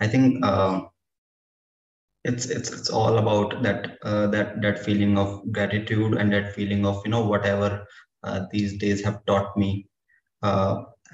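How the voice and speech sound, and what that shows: An adult man speaks with a prolonged word, a long silent block, and repeated 'it's' and 'that'. This is stammering in a man with an undiagnosed learning disability.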